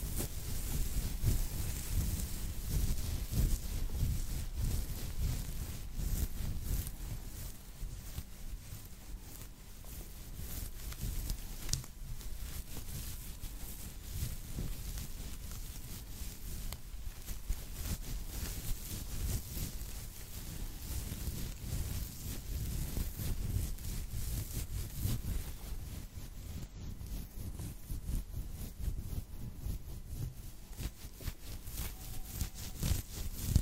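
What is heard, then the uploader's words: Tapping and rubbing on gloves, lotion and cotton go on without a break for the whole stretch, a dense run of quick soft taps and rustles. A low thumping underlayer and a steady bright hiss sit beneath, with the level staying fairly even throughout. ASMR Spa (Scalp Massage, Face Massage, Personal Attention, Lotion, Gloves, Cottons, Tapping).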